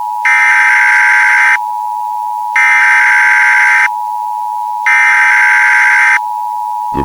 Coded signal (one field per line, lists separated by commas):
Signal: Emergency Alert System (SAME) tones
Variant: header bursts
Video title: EAS 3